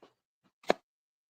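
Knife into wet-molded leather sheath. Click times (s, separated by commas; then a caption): 0.7 s. A knife is pushed into a full-leather, wet-molded sewn sheath, with a faint rustle at the start and a soft tap near 0.5 s. A sharp click at 0.7 s marks the knife seating and latching firmly in the sheath, where it stays secure.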